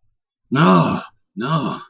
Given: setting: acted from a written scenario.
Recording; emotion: vocal sound without words; distress